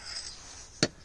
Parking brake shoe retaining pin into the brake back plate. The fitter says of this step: you'll feel it lock into place now